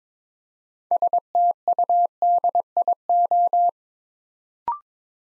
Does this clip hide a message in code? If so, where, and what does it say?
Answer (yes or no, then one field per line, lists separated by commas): yes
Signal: Morse code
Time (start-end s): 0.9-3.7 s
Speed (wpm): 22 wpm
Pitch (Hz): 700 Hz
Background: none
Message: STUDIO